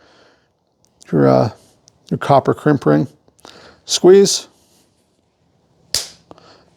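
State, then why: Released. Someone talks, then a crimp ring removal tool, with its cutting jaws on the outside and its anvil on the inside of a copper crimp ring on a PEX pipe fitting, is squeezed. A sharp click at 5.9 s marks the ring being cut, followed by a few faint ticks.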